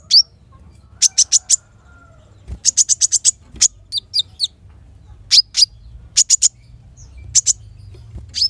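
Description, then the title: Van Hasselt's sunbird giving clusters of several high, sharp ticking notes, interspersed with thin upslurred whistles, against a steady low hum. Caged bird at the 'ijoan' stage, singing a steady 'gacor' song used as a lure and training therapy for other caged birds of its kind. "KOLIBRI NINJA KONIN IJOAN GACOR COCOK UNTUK PANCINGAN TERAPI KONIN"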